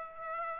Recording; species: mosquito wingbeat signal from an infrared sensor; Aedes aegypti